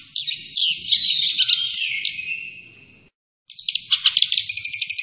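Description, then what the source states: Long-tailed shrike song, a harsh scratchy rattle that fades away, a short silence, then a fresh burst of fast high chips. Local Indonesian name cendet; described as gacor, meaning actively and continuously singing.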